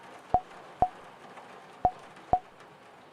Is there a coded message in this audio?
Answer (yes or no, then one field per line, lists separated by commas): no